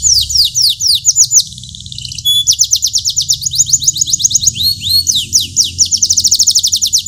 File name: audio kenari standar besar lemonthy jeda 1 menit